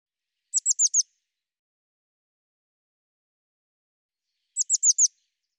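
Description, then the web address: Bird song: two brief bursts of four sharp, high-pitched downslurred notes, separated by about three and a half seconds of silence. "cianscape birddata Deverinetal 2025 File cleaned normalized Bird Cy Ca"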